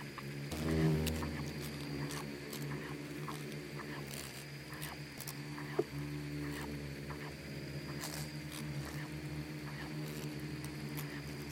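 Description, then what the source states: Insects swarming, a steady low droning hum of wingbeats with layered harmonics, overlaid by scattered dry clicks and ticks, one sharp tap near six seconds. Bugs and beetles swarming in the Namib desert.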